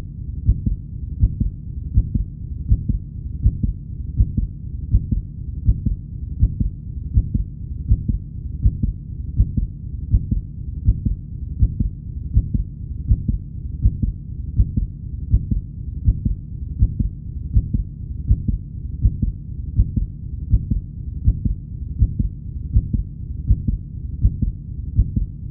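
A steady, regular heartbeat at a medium pace, about 81 beats a minute, heard as deep low thumps with no other sound. This is a heartbeat sound effect.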